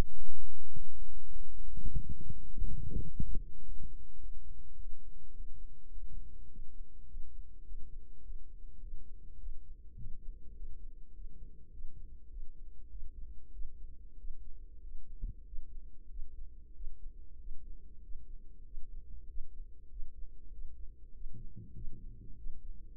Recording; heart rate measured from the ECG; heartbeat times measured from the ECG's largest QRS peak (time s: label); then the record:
heart sounds by microphone in the right ear; 100 bpm
0.08 s: heartbeat
0.67 s: heartbeat
1.26 s: heartbeat
1.85 s: heartbeat
2.43 s: heartbeat
3.01 s: heartbeat
3.59 s: heartbeat
4.15 s: heartbeat
4.73 s: heartbeat
5.30 s: heartbeat
5.88 s: heartbeat
6.46 s: heartbeat
7.04 s: heartbeat
7.61 s: heartbeat
8.19 s: heartbeat
8.77 s: heartbeat
9.35 s: heartbeat
9.93 s: heartbeat
10.52 s: heartbeat
11.10 s: heartbeat
11.68 s: heartbeat
12.27 s: heartbeat
12.86 s: heartbeat
13.49 s: heartbeat
14.14 s: heartbeat
14.78 s: heartbeat
15.42 s: heartbeat
16.06 s: heartbeat
16.71 s: heartbeat
17.35 s: heartbeat
17.99 s: heartbeat
18.62 s: heartbeat
19.25 s: heartbeat
19.87 s: heartbeat
20.48 s: heartbeat
21.10 s: heartbeat
21.71 s: heartbeat
22.34 s: heartbeat
22.96 s: heartbeat
From the record:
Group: healthy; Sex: female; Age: 32 years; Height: 172 cm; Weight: 71.7 kg